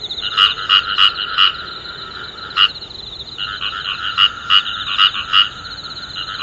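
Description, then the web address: Frog giving quick, sharp croaks in clusters with a pause midway, while a continuous pulsing frog chorus runs beneath. "tera kaeru"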